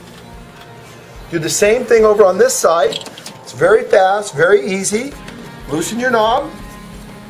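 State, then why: Not seated. Someone talks while loosening the tension knob on a second micro-adjust telescoping support pole, getting ready to snap the bottom support's ball detent into place. Nothing has seated or clicked yet in this clip.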